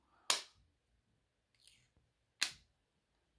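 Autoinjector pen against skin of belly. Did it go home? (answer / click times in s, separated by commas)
yes / 0.3 s, 2.4 s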